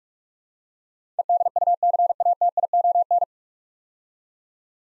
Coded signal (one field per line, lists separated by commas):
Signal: Morse code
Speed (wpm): 47 wpm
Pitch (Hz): 700 Hz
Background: none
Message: EDUCATION